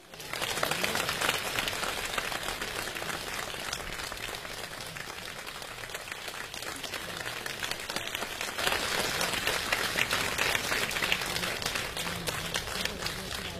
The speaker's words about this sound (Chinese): 节目呢一场接着一场，接下来请大家用热烈的掌声有请我国著名的相声表演艺术家王千祥、李增瑞。